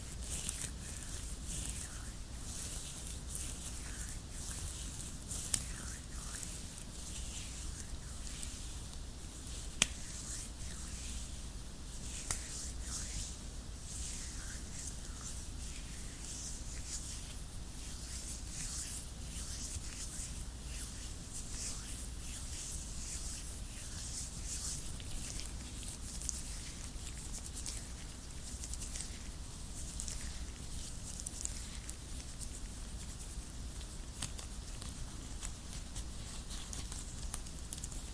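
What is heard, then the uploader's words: Latex gloves rub together in a steady, dense stream of soft crackling and squeaking for the whole clip. A few sharper snaps stand out near 5, 10 and 12 seconds, over a faint low hum underneath. ASMR LATEX GLOVES, ASMR GLOVES RUBBING, ASMR NO TALKING, JUST GLOVES SOUNDS.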